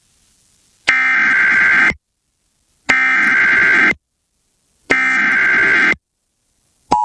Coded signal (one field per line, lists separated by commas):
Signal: Emergency Alert System (SAME) tones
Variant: header bursts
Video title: EAS flash flood warning In California #emergencyalert #flashfloodwarning #kaltfm